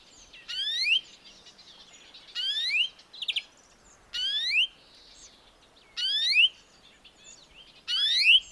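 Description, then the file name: European greenfinch repeating a rising wheezy call about every two seconds, with a brief rapid chirp heard once between calls. "Chloris chloris"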